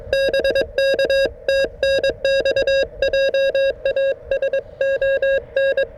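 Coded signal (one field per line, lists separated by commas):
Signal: Morse code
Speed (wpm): 21 wpm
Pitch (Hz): 560 Hz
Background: none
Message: BK TNX JASON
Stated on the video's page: Morse from a modded QMX+ transceiver during a POTA park activation.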